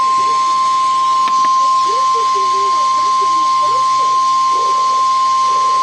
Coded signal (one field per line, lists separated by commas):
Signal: Emergency Alert System (SAME) tones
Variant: 1050 Hz attention tone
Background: speech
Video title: 2 SVR Double Header EAS Wisconsin Noaa Weather Radio Station WXJ 88 Manomonie WI 6/19/26